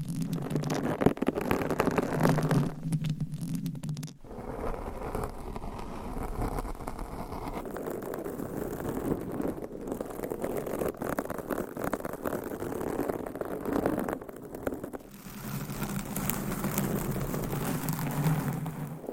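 Continuous scratching on a microphone, a dense, rough rubbing with constant fine crackle. The first four seconds and the last four carry a heavier, deep rumbling scrape, while the middle stretch is lighter and scratchier, broken by brief sharp dropouts near 4, 10 and 15 seconds.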